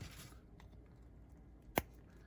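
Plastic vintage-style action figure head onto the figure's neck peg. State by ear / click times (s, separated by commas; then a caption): seated / 1.8 s. A vintage-style plastic head is pressed onto a He-Man action figure's neck peg. After a faint rustle around 0.6 s, a sharp, short pop at 1.8 s marks the head snapping into place, fully seated.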